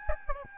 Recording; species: mosquito wingbeat signal from an infrared sensor; Aedes albopictus